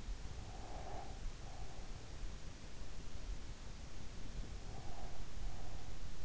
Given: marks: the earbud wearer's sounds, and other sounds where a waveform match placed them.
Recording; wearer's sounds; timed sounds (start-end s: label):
sounds in sleep by an in-ear microphone; breath
0.29-2.18 s: breath
4.60-6.07 s: breath